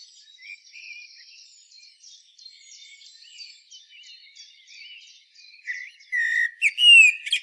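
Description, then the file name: Common blackbird song: soft, scratchy, high twittering for several seconds, then a loud, clear fluted whistle phrase with high squeaks at the end. "Turdus merula"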